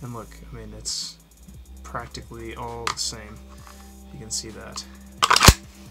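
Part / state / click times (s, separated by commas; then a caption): pistol into kydex inside-waistband holster / seated / 5.2 s. A pistol is pushed down into a Bravo Concealment Torsion 2nd Gen kydex inside-waistband holster after someone talks. The retention engages with a sharp click at 5.2 s, followed by a few quick snaps, and the pistol is seated with a perfect fit.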